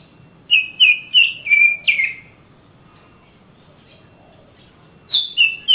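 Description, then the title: Oriental magpie-robin singing several quick downslurred whistles, falling silent for about three seconds, then resuming with three more bright whistles. Singing birds of the Kalimantan and Sumatra types, described as champion (juara), master birds in active, energetic song (gacor). "Kicau Kacer Juara Master Kalimantan Sumatra Gacor"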